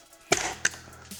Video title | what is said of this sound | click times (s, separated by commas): Lenovo V15-ADA von Innen - RAM, SSD, Akku, Lüfter wechseln | man hört dass das knackt sehr sehr laut das ist aber völlig normal da brauchen wir keine angst zu haben das ist einfach wenn die 1 rast stellen aus dem gehäuse springen | 0.3 s, 0.7 s